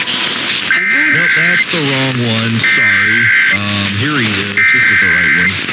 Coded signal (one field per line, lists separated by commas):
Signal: Emergency Alert System (SAME) tones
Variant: header bursts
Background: speech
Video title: Overnight Monthly Testing (EAS #629-647) 8/20-21/24